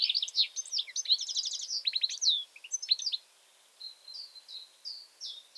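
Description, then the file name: European goldfinch song of rapid tinkling twitters and buzzy trills, followed by a few soft, separate high notes after a short gap. "Carduelis carduelis"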